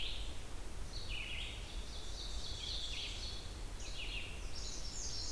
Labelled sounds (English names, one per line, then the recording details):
Red-eyed Vireo song
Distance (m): 65 m
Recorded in boreal forest in Alberta, Canada, on 28 June 2016 at 07:39
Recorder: SongMeter 3, array SBT-6-79
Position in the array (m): 108 m, 212 m